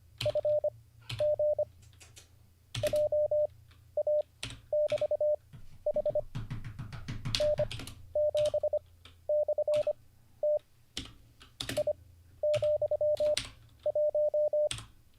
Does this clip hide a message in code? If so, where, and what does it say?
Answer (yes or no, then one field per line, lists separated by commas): yes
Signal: Morse code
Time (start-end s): 0.3-14.7 s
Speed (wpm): 25 wpm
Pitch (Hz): 600 Hz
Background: none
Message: F G J A <BT> H N 7 / T I , 1